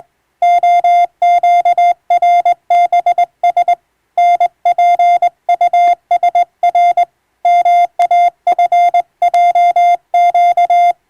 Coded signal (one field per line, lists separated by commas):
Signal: Morse code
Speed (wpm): 21 wpm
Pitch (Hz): 700 Hz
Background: music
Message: OQRBS NPUSR MAFJQ